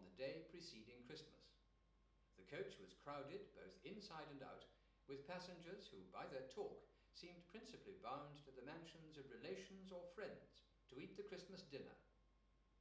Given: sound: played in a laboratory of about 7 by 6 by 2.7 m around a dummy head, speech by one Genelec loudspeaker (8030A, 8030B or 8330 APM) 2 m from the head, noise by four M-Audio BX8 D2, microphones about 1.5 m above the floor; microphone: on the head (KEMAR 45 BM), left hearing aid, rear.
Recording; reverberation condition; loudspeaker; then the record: male speech in English; medium; 120 degrees to the left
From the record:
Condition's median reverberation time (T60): about 510 ms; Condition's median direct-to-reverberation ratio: about -0.5 dB